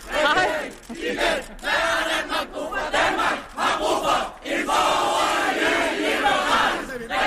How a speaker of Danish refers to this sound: Ja, så står de ellers og råber til hinanden.